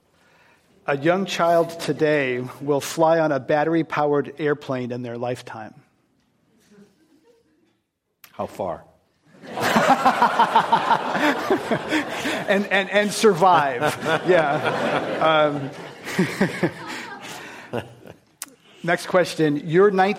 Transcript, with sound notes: A young child today will fly on a battery powered airplane in their lifetime?
How far?
[Laughter]
And survive, yeah. Next question.